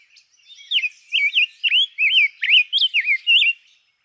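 Rose-breasted grosbeak song: a rapid, melodious series of whistled notes, each swooping up and down, delivered in one continuous phrase.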